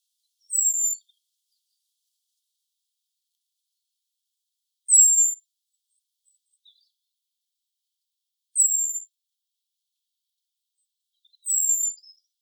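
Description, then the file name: Common blackbird calls: four thin, high-pitched falling notes spaced several seconds apart, with silence between them. "Turdus merula"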